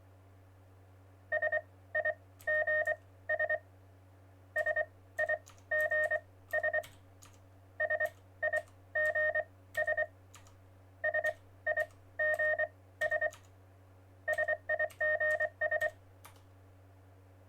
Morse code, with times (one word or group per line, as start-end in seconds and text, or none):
1.3-3.5 SIGS
4.6-6.8 SIGS
7.8-10.0 SIGS
11.0-13.3 SIGS
14.3-15.9 SIGS